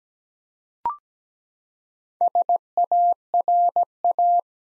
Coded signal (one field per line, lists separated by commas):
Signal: Morse code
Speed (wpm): 17 wpm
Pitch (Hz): 700 Hz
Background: none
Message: SARA